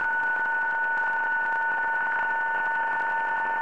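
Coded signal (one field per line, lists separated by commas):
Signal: PSK31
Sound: several steady warbling narrow tones over band-limited radio hiss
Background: radio static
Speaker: there that's a nice loud CQ strong signal there's a guy looking for Indiana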